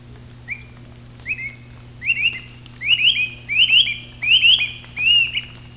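Bright-rumped attila calls: a series of rising whistled notes, first single and then doubled, growing louder.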